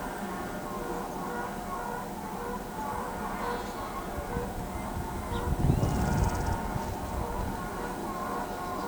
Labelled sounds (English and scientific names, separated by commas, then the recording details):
none
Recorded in pastures near Pivijay, Magdalena, Colombia, on 17 April 2023 at 10:00
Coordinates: 10.456, -74.369
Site P6-G026